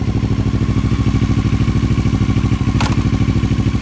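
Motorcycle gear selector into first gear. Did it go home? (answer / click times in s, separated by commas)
yes / 2.8 s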